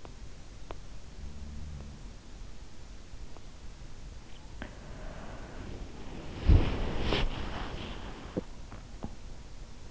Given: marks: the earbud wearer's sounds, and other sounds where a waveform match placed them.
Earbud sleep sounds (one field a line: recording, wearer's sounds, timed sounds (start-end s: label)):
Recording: sounds in sleep by an in-ear microphone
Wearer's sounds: teeth grinding, body movement, breath, swallowing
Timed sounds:
0.68-0.78 s: teeth grinding
1.22-2.05 s: sound from someone else or the room
3.33-3.41 s: teeth grinding
4.61-9.12 s: body movement
4.76-5.64 s: breath
8.35-8.48 s: swallowing
8.70-9.08 s: swallowing